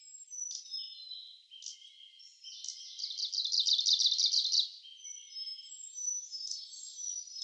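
Kamchatka leaf warbler: a steady, metallic trill of evenly repeated high notes lasting about two seconds, set against high whistles and chirps.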